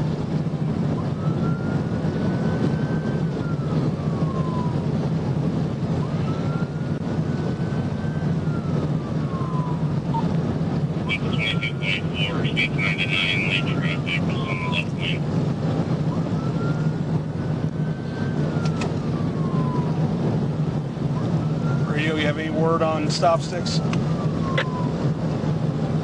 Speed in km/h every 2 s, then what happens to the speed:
167, 169, 171, 172, 172, 172, 177, 179, 182, 180, 180, 175, 174.
0-15 speeds up to 182.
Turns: none.